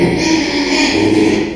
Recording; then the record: squeal of a Yucatan mini pig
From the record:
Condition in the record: after surgery on the right vocal fold (resection and tissue-engineered implant); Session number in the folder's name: 2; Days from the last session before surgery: 13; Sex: male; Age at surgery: 12 weeks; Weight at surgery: 13 kg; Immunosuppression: cyclosporine, prednisolone